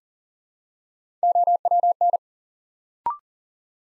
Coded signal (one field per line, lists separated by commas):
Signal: Morse code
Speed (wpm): 42 wpm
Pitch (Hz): 700 Hz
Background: none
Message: OWN